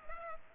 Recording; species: mosquito wingbeat signal from an infrared sensor; Culex pipiens